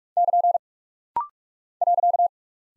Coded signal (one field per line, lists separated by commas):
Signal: Morse code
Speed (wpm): 46 wpm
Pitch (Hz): 700 Hz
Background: none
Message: <KN> .